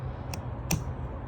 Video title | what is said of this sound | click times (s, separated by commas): Purge Valve Replacement Ford Focus 2012-2018 - Code P1450 | You hear the click there. | 0.7 s